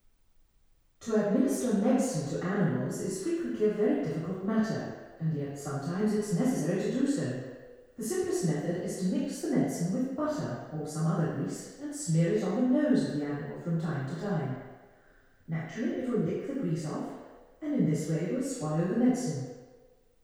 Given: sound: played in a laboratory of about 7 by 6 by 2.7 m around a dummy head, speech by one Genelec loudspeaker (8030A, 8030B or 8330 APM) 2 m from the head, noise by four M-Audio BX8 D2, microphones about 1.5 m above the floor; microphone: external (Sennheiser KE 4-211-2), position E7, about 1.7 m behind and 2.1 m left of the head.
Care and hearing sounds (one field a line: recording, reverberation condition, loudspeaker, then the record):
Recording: female speech in English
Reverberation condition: high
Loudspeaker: 90 degrees to the left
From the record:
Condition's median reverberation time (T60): about 1300 ms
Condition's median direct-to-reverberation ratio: about -4.0 dB